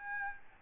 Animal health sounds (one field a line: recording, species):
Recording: mosquito wingbeat signal from an infrared sensor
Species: Aedes albopictus